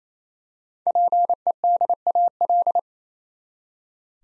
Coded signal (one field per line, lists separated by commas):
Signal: Morse code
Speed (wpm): 27 wpm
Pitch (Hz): 700 Hz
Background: none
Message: PEDAL